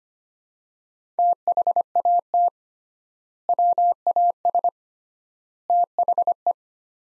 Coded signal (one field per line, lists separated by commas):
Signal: Morse code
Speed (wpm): 25 wpm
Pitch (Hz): 700 Hz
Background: none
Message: THAT WAS THE